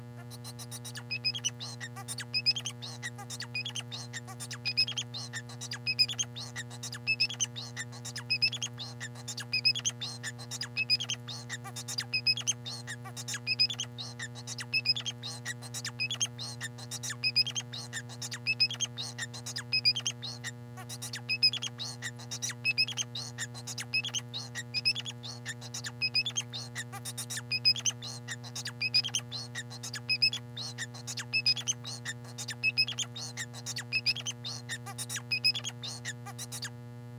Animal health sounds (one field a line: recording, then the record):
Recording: song of a male Bengalese finch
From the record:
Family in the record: son of father 4